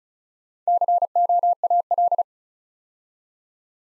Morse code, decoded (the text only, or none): COAL